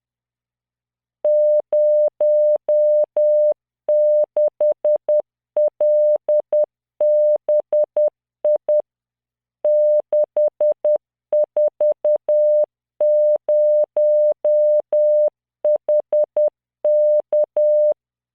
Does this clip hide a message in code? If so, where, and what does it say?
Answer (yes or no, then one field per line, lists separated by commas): yes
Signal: Morse code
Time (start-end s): 1.2-17.9 s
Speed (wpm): 10 wpm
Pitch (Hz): 600 Hz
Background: none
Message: 06LBI 640HK